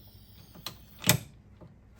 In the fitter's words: it's latched in, and